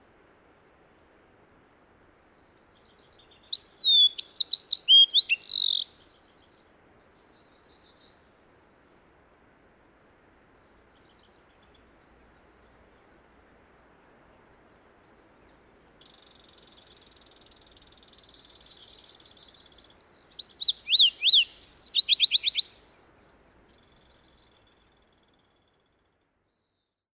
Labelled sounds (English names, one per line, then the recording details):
Fox Sparrow song
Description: Fox Sparrow song recorded at the Alluvial Fan in Rocky Mountain National Park
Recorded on 31 May 2017